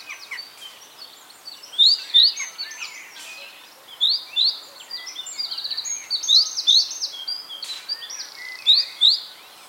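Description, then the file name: Great tit calls, bright paired high notes repeated at intervals of a couple of seconds, set within a busy chorus of many other birds chirping and trilling. "Parus major"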